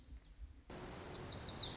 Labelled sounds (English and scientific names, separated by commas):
Lazuli Bunting (Passerina amoena)